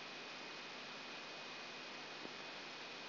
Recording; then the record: brain microelectrode recording played as sound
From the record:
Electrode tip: outside the subthalamic nucleus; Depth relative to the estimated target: -4 mm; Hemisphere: right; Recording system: AlphaMap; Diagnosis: Parkinson's disease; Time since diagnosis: 9 years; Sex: male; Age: 68 years